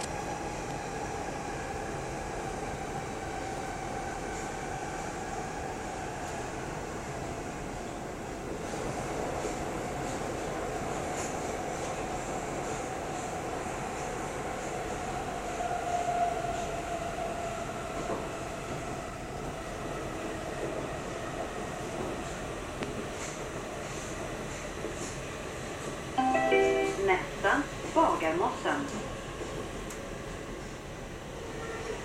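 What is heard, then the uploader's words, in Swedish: A metro train runs with a steady low rumble and whining tone, then clattering squeals and bumps around twenty-six seconds. Bagarmossen at Tåg mot Skarpnäck.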